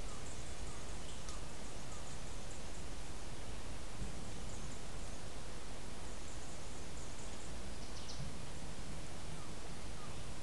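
Oak-pine forest ambience: a steady, dense hiss of wind through the trees, with faint high chirps from birds or insects now and then.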